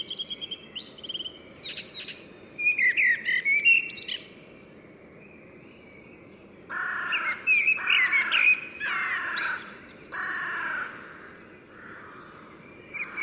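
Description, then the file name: Common blackbird song: warbled, fluty phrases with thin squeaky twitters, then a longer, lower run of notes, with short pauses between phrases over steady low background noise. "Turdus merula"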